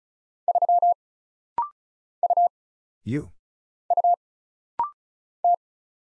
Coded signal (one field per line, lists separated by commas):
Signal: Morse code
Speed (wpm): 35 wpm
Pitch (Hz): 700 Hz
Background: none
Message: 3 U U T